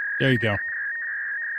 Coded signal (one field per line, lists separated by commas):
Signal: fax machine handshake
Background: speech